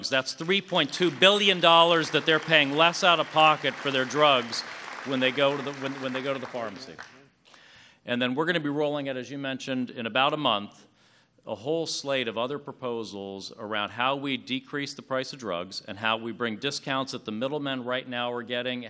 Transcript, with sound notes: That’s $3.2 billion that they’re paying less out of pocket for their drugs when they go to the pharmacy. (Applause.) And then, we’re going to be rolling out, as you mentioned, in about a month, a whole slate of other proposals around how we decrease the price of drugs and how we bring discounts that the middlemen right now are getting;